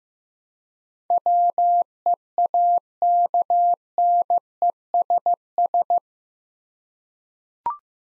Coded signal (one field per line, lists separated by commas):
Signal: Morse code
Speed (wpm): 15 wpm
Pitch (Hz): 700 Hz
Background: none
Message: WEAKNESS